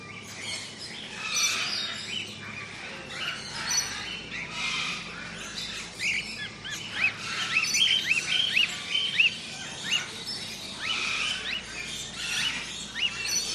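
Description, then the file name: Parrots and parakeets chattering in a dense, continuous mix of shrill chirps and short squawks, many birds calling at once over a faint low engine hum. Ambience in a large tropical aviary with parrots, parakeets and other birds; lawn mower in the distance. "zapsplat animals birds tropical large avery amb parrots parakeets others mower in dist"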